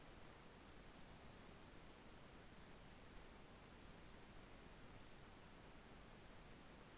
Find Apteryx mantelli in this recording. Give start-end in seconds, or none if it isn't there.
none